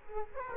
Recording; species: mosquito wingbeat signal from an infrared sensor; Culex quinquefasciatus